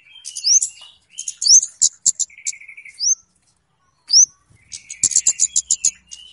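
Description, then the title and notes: Flowerpecker calls, very high clicking chips and short upslurred notes in bursts, with a lower buzzy trill between them and a brief pause midway. Flowerpecker call recording, locally called kemade or cabe cabean, used as a lure (pikat) to attract birds. "Kicau Burung Kemade ( Cabe Cabean) Jernih. Suara Burung Cabe Cabean Pikat"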